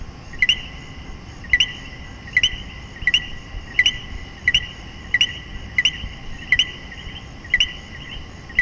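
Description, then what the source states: Common coquí calling co-kee again and again, each low note jumping to a higher whistled note, roughly once a second against a soft constant background hum. Puerto Rico.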